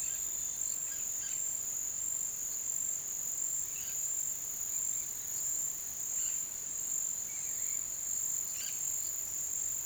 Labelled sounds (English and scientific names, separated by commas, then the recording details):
none
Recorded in pastures near Puerto Asís, Putumayo, Colombia, on 30 June 2025 at 09:30
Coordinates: 0.486, -76.323
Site H29